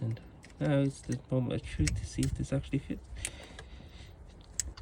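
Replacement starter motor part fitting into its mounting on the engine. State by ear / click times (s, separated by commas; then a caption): seated / 4.6 s. Someone talks while a replacement starter motor part is offered up to its mounting on the engine of a VW Caddy 1.9 TDI BLS during a starter motor replacement. At 4.6 s a sharp click is heard as the part snaps into position and seats.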